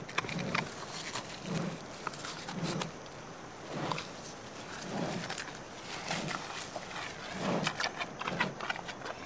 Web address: il suono di un panda che mastica e mangia qualcosa